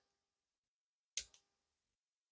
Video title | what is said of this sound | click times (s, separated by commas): Ryobi FVM51K 4v 2ah Lithium Rotary Tool Kit "Use it!" (S8-E5) | that click is that it's locked in place | 1.2 s